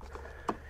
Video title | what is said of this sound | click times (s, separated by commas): AWD! RYOBI Lawn Mower Review - 40V HP 21" Whisper Series Self Propelled | and that's locked into place so that's not going anywhere very easy to just slide that in | 0.5 s